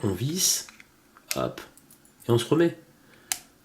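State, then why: Seated. Someone talks as the steel airflow adjustment ring on a Kayfun V5 vape atomizer by SvoeMesto, already screwed onto the mod, is turned until it locks in place. A small, sharp click is heard at 3.3 s, and the airflow setting is then locked and won't move.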